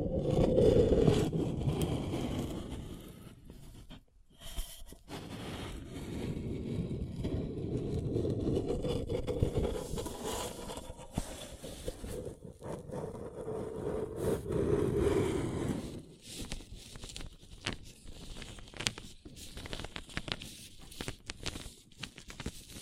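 A paper cup is handled and rubbed, producing a dense, low crinkling rustle that runs steadily for the first fifteen seconds with a brief pause near four seconds. After about sixteen seconds the sound thins into sparser taps, scratches and crisp crackles.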